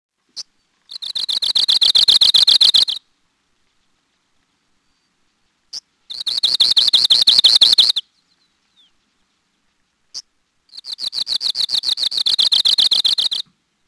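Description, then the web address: Arctic warbler giving a sharp single call note before each of three dry, buzzy trills lasting about two to three seconds, rapidly repeated high notes, separated by silence. "Peterson North American Birds"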